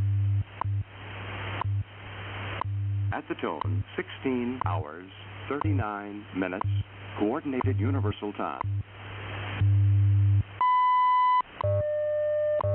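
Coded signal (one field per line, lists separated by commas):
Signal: radio time signal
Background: speech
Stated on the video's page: WWV time station on 5 MHz received via the Utah WebSDR, strong and clean.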